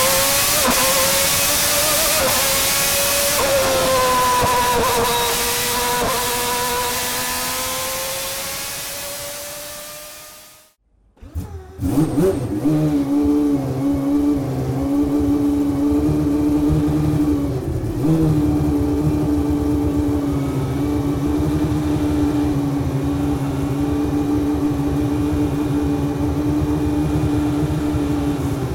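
A V12 engine recorded from inside the car, revving high with a rising whine at first, then easing off until it cuts to near silence around the eleven-second mark. It returns as a steady, lower, rough drone with a constant tone for the rest.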